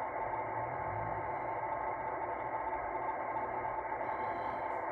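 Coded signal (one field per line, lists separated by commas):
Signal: NAVTEX (SITOR-B)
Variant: 100 baud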